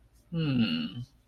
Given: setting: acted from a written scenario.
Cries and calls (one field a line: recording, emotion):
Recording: vocal sound without words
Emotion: contempt